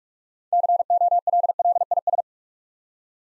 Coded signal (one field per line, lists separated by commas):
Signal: Morse code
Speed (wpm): 44 wpm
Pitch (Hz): 700 Hz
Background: none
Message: COLLIS